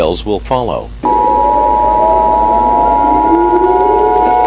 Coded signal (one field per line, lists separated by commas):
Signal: Emergency Alert System (SAME) tones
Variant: 853 and 960 Hz attention tone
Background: speech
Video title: EAS Scenario #6 - Natures Slice